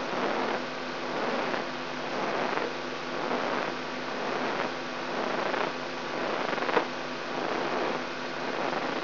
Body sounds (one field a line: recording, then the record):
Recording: brain microelectrode recording played as sound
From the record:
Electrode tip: inside the subthalamic nucleus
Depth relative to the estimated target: -2.8 mm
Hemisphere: right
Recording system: AlphaMap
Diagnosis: Parkinson's disease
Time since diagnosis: 16 years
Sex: female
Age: 67 years